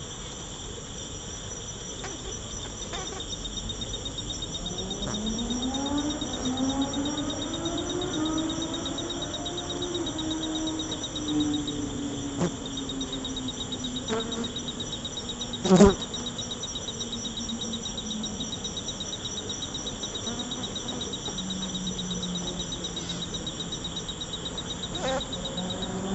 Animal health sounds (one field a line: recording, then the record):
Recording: honeybee defence experiment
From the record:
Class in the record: control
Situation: empty test tube, no live specimens